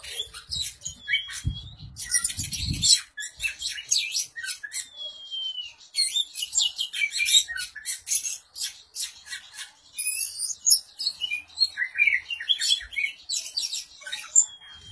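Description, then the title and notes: Oriental magpie-robin singing a rapid medley of sharp whistles, squeaky slurred notes and scratchy chatter, with brief low thumps near the start. "suara kacer. kumpulan suara burung kacer"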